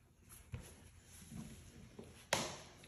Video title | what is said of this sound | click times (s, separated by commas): How to Install Vinyl FLOORS from 'Floor & Decor' - NuCORE - DIY TIPS & TRICKS | Oh, do you hear that click? | 2.3 s